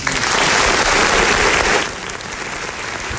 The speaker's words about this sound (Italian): Applausoni